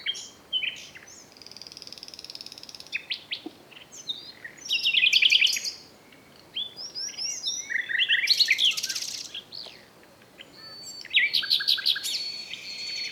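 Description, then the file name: Common nightingale song: rich, loud phrases of rapid trills, buzzy rattles and whistled notes, delivered in bursts with short silences between. "Luscinia megarhynchos"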